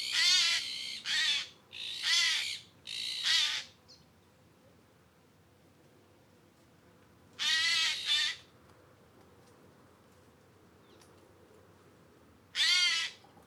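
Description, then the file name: Eurasian jay calling with loud, ragged screeches, a quick series of four at the start, then a double screech and a final single one after pauses. "Garrulus glandarius"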